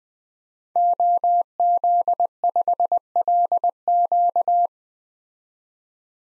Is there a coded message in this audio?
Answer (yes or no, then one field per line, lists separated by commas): yes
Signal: Morse code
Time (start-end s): 0.8-4.7 s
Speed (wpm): 20 wpm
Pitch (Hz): 700 Hz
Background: none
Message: OZ5LQ